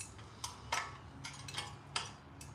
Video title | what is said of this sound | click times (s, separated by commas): Kushlan KPRO 350MP CEMENT MIXER - The Original Wheel Barrow Mixer | So now that's locked into place. | 2.0 s